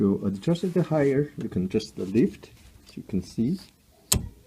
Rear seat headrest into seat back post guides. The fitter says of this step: are the click so this is a one position the highest position now it's locked to